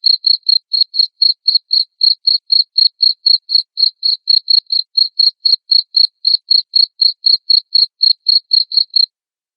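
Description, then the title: Cricket chirping, a steady train of short high pulses at about four per second, stopping just before the end. Loud cricket chirping (ngerik) played to make lovebirds sing continuously (ngekek). "Suara JANGKRIK NGERIK Keras Bikin LOVEBIRD Jadi NGEKEK Terus Vubey"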